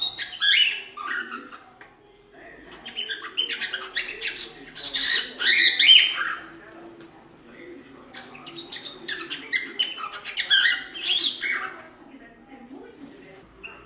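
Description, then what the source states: Cockatiel chatter: scratchy, buzzy warbles and short chirps in loose bursts separated by quieter stretches, with a steady low background hum. Lutino colour mutation cockatiel, song.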